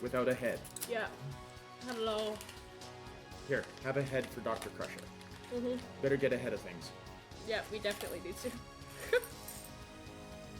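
Plastic LEGO bricks from the Enterprise D set are handled as the first brick is brought onto another brick, while people talk over background music. Nothing has seated or clicked yet; the clip ends just before the first pieces snap together.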